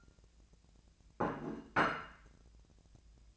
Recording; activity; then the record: daily activity, microphone in the room; place plate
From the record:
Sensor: 2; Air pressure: 1000.0 hPa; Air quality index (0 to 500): 134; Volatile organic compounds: 2 ppm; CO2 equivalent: 1140 ppm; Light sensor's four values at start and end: 24/60/25/28 and 23/59/25/27